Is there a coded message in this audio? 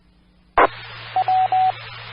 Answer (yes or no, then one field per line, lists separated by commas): no